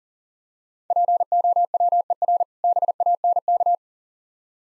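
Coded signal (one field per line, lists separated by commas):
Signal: Morse code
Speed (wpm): 40 wpm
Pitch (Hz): 700 Hz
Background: none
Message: POWER BANK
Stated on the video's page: Contextual-priming practice set of difficult words with hints, sent at 40 wpm.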